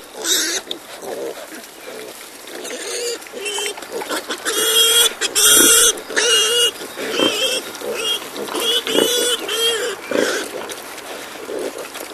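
Wild boar squealing and grunting, shrill high squeals repeated irregularly over lower grunts and snuffling.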